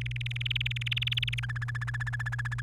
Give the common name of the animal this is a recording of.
Domestic Canary